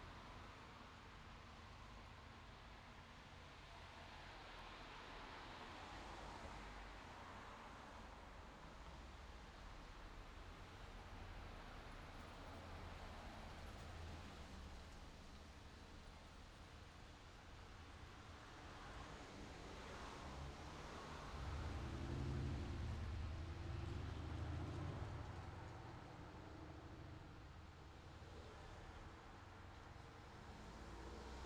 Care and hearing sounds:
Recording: everyday scene through a hearing-aid microphone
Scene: in traffic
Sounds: traffic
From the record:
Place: city secondary road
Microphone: in the ear canal, left

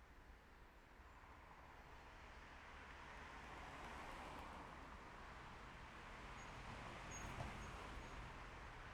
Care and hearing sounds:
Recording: everyday scene through a hearing-aid microphone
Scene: in traffic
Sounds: traffic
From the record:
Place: main road on the outskirts, rush hour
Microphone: behind the ear, left, rear

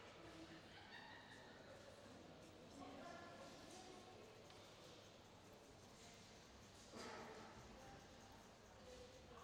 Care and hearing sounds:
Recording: everyday scene through a hearing-aid microphone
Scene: reverberant space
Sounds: background noise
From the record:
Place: railway station hall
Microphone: in the ear canal, left

